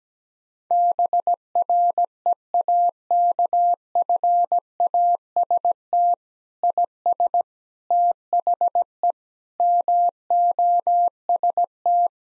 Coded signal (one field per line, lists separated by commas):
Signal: Morse code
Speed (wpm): 17 wpm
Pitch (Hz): 700 Hz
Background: none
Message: BREAKFAST IS THE MOST